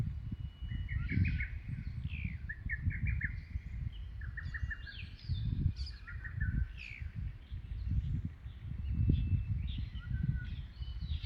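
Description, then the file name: Lesser cuckoo song: short bursts of quick whistled notes near the middle pitch range, repeated several times over strong low rumbling background noise. Recorded on 2 June 2022. "Cuculus-poliocephalusv-2022-06-02"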